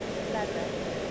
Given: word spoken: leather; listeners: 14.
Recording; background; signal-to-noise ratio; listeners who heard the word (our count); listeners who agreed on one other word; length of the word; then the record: one English word in noise, from a listening test; speech-shaped noise; -5.5 dB; 2 of 14; 8 of 14; 0.71 s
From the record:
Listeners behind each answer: 8, 2, 2, 1, 1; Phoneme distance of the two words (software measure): 10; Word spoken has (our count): 2 syllables, 4 phonemes, stress on syllable 1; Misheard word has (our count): 2 syllables, 4 phonemes, stress on syllable 1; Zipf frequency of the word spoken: 4.16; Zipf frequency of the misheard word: 3.88